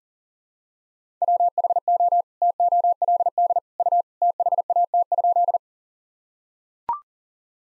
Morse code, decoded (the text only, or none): WHO TOLD U THAT?